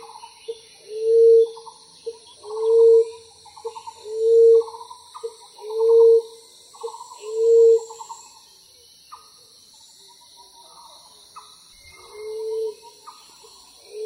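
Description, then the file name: Common emerald dove cooing: five low, soft hoots about every one and a half seconds, then a pause before a final coo. "翠翼鳩"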